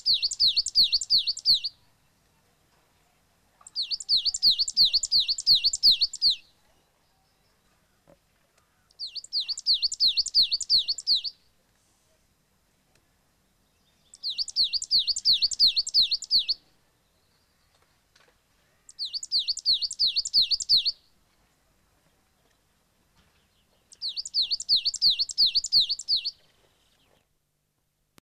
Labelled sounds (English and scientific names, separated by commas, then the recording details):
Coal Tit (Periparus ater) song
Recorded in the wild
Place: Oberstdorf, Bayern, DE
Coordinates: 47.3997, 10.2414
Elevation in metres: 988
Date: 1985-04-04
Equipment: Uher 4000 Report
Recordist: Tretzel, Erwin